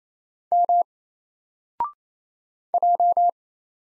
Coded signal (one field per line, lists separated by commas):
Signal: Morse code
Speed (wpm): 27 wpm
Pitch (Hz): 700 Hz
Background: none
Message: M J